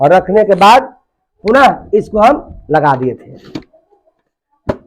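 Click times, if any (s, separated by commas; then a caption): 4.7 s. The lid of a magic-trick ball box is refitted after a ball has been placed inside, and the first lid locks on once it is put on. Someone talks for the first few seconds, and then a single sharp snap at 4.7 s marks the lid seating.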